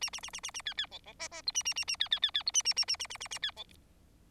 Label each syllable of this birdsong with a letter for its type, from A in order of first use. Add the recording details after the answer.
A A A A A A B B C C D D E A A A A B B B B E A A A A A A A A B C. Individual Bird4